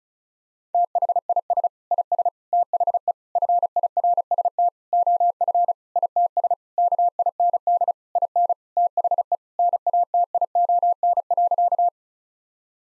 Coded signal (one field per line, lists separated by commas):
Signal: Morse code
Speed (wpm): 36 wpm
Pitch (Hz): 700 Hz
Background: none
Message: THIS IS THE FIRST OF ITS KIND IN THE NATION.